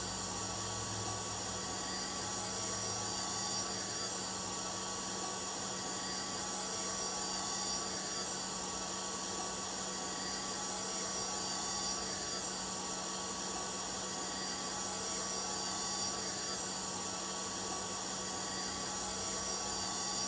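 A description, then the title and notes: A hairdryer runs continuously, giving a steady, dense whooshing roar with a faint motor whine held at fixed pitches. The sound barely changes over the twenty seconds, apart from a slightly heavier low rumble in the first few seconds. Hairdryer.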